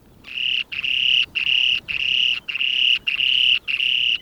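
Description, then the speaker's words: Spoon-billed Sandpiper song: a series of seven buzzy, ringing trill bursts, each about half a second long, separated by short gaps. Song, recorded in the far northeast of Russia on the breeding grounds, where as few as 100 remaining pairs breed each summer. "I recorded it in the far northeast of Russia, where as few as 100 remaining pairs of this mysterious little sandpiper with a remarkable spoon-shaped beak go to breed each summer."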